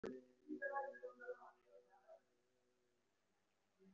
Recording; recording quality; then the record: sustained vowel as in made; poor, much background noise or distortion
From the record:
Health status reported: respiratory illness, not identified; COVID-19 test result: negative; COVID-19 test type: RT-PCR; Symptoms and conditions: cough, cold, breathing difficulty, fatigue, muscle pain, chronic lung disease, pneumonia, diabetes, another condition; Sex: male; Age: 55 years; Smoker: yes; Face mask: worn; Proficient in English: no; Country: India